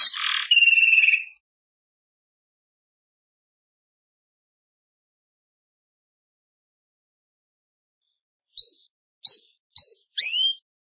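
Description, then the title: Belgian canary song: a short buzzy trill sliding into a whistle, a long silence, then four brief high chirps near the end. "Canario Belga"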